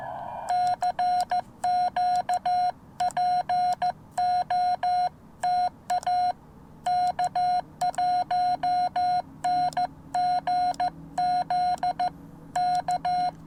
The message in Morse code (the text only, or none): CQPOTA K1NGZ K